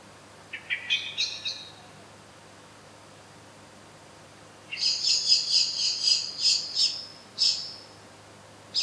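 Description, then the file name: Eurasian blackbird giving sharp, high chinking calls in a short rising burst, then a longer rapid series of metallic chinks after a pause. "Turdus merula"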